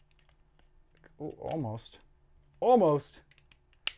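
A small plastic retaining tab on an airsoft magazine shell is pushed into place while the magazine is reassembled after lubrication. Someone talks, then a few faint ticks are heard before a sharp snap at 3.9 s as the tab pops into place, confirming it has seated.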